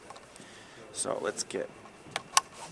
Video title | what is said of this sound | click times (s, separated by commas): VISUO XS809HW Starter Drone / Cheap and Built Tough | we go see when you hear the clicks and the pops and when | 2.2 s, 2.4 s